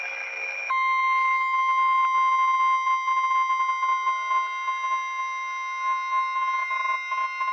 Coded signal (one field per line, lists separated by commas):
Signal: Emergency Alert System (SAME) tones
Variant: 1050 Hz attention tone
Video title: EAS Scenario #1 The Severe Thunderstorm(REMASTERED)